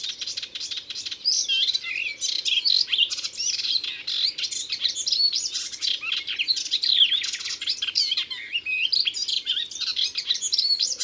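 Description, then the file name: Melodious warbler singing a long, continuous, hurried warble of jumbled high chirps and slurred whistles, with a faint low drone in the background. Recorded in Ardèche. "Hypolais-Polyglotte Ardeche"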